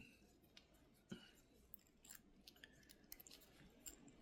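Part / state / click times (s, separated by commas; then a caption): piston ring into piston ring groove / not seated / none. A piston ring is handled by hand on a piston during a Yamaha Breeze and Grizzly 125cc top-end rebuild, set with one edge on top of the piston and walked around toward its groove. Faint scraping and a few short, sharp ticks are heard over a low background. The clip ends before the ring drops into place, and nothing has seated or clicked yet.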